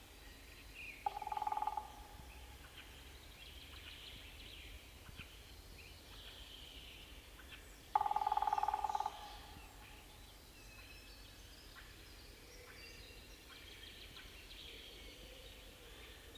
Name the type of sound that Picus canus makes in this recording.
drumming